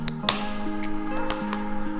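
The small black latch on a hub motor cable connector on a board controller is pushed down firmly, giving sharp clicks at 0.1, 0.3 and 1.3 seconds over steady background music. The latch releases, freeing the plastic connector so it can be pried off.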